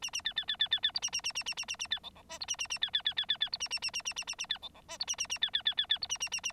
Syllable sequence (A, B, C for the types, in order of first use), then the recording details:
A A B B B B B B C A A A A A A A A B D D E C A A A B B B B B B C A A A A A A A A B D D E C A A A B B B B B C A A A A. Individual Bird9